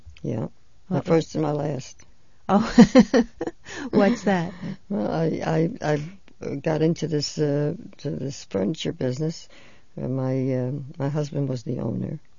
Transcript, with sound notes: Yeah. My first and my last. ( they laugh )
What's that?
I got into this, uh, to this furniture business, and my, uh, my husband was the owner.